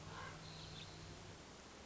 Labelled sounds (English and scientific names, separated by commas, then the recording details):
Common Raven (Corvus corax)
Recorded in Sonoma County, California